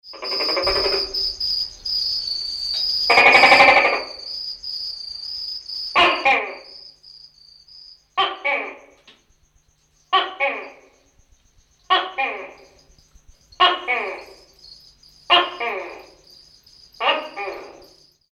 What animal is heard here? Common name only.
Tokay Gecko